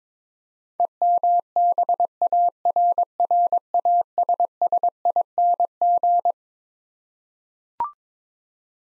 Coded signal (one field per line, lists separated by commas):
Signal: Morse code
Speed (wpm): 22 wpm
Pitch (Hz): 700 Hz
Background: none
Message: EMBARRASSING